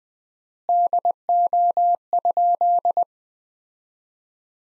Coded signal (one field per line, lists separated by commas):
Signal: Morse code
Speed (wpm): 21 wpm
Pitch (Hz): 700 Hz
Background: none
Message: DO?